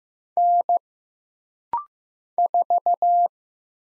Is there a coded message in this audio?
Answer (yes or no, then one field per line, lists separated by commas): yes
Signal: Morse code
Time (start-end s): 0.4-3.3 s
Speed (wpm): 15 wpm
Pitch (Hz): 700 Hz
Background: none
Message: N 4